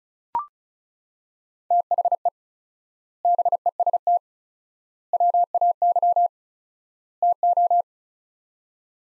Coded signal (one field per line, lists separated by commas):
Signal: Morse code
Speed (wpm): 36 wpm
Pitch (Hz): 700 Hz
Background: none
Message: THE BEST WAY TO